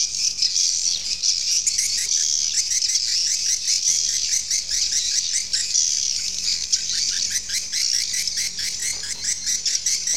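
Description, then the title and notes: Swiftlet twittering calls, rapid high chirps repeated in a fast, steady stream over a continuous shrill background chorus. Swiftlet sound used for swiftlet farming in Asia. "Swiflet Bird Sound. Farming Swiflet Bird asia sound"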